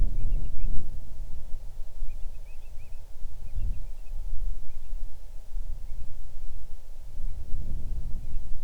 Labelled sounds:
bird
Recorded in the Arctic National Wildlife Refuge, Alaska, on 6 July 2019 at 00:32
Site 39

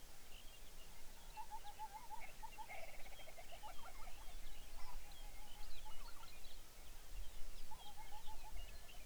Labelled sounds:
songbird, waterfowl
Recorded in the Arctic National Wildlife Refuge, Alaska, on 23 May 2019 at 06:14
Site 49

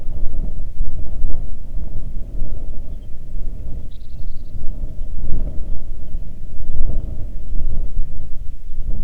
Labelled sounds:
bird, wind
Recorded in the Arctic National Wildlife Refuge, Alaska, on 3 June 2019 at 04:41
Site 37

